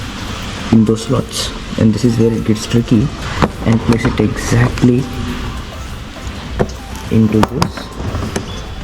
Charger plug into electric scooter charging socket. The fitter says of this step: and push it अटिल it locks अब lock हो गया अब the moment U turn this on